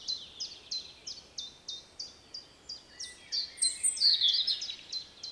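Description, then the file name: European robin song opening with a steady run of short high notes about three per second, then a tumbling cluster of bright, squeaky high phrases. "Erithacus rubecula"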